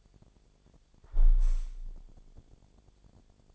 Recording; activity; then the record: daily activity, microphone in the room; close window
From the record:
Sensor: 5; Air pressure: 1000.5 hPa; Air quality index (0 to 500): 146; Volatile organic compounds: 2 ppm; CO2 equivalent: 1121 ppm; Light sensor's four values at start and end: 41/96/40/43 and 41/96/40/43